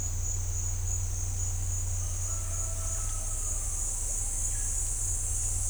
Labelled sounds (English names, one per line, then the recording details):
none
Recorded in dense forest near Puerto Asís, Putumayo, Colombia, on 15 December 2024 at 09:00
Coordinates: 0.503, -76.323
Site G043